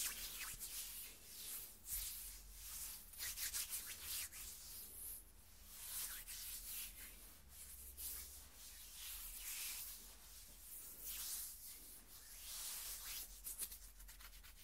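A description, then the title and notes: Dry skin scratching fills the whole clip with a rough, hissing rasp, bright and dense, rising and falling in quick strokes about every second. A steady low hum sits underneath throughout. ASMR Skin Scratching 1 Hour (No Talking).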